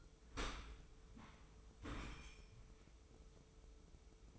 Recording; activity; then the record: daily activity, microphone in the room; open dishwasher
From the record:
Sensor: 1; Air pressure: 995.7 hPa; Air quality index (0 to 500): 56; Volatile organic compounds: 2 ppm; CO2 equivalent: 1081 ppm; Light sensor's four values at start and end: 32/109/42/44 and 31/109/42/44